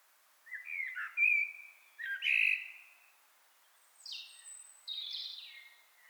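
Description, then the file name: Common blackbird giving two rich fluted warbles ending in squeaky flourishes, then thin high twittering notes after a short pause. "Turdus merula"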